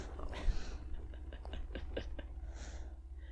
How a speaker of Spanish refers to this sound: Esto que escuchamos es una respiración, sí, de bebé. Oh, qué cosa más hermosa.